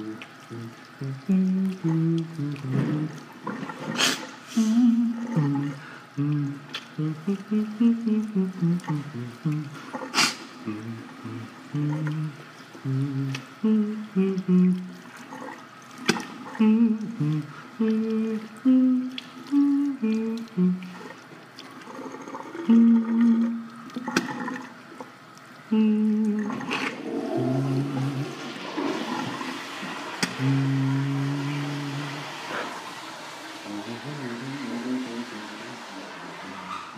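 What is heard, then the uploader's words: In a men's bathroom, a man talks in short bursts through most of the recording, with sharp clicks or knocks around 4 and 10 seconds. From about 27 seconds, a steady hiss of running water starts for washing and lasts to the end. Men's Bathroom. Pee and wash before class.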